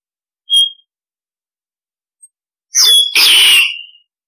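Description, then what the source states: Starling calls: a short thin whistled note, a pause, then a loud harsh double screech lasting over a second. Starling flock-calling sound, used to lure starlings.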